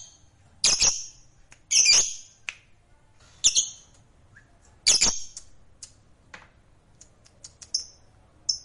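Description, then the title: Lovebird calls: four harsh squawks, then scattered brief high chirps and ticks. Fighter-type lovebird; the recording features its long ngekek trill. "Begitu Dengar Suara Lovebird FIGHTER NGEKEK PANJANG"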